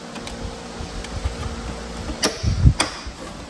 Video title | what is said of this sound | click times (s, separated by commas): Boost Auto 2003-2007 GM Truck Tow Mirror Install | 2 clicks, your lock. | 0.3 s, 2.8 s